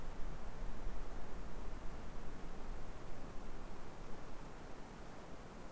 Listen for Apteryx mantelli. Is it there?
no